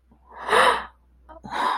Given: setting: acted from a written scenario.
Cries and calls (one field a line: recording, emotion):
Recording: vocal sound without words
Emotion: negative surprise